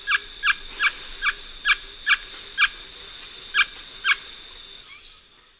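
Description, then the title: Bird song: a series of nine crisp chipping notes with a short pause before the last two, then fading into quiet hiss. "LuckyPassaro Completos2Sama"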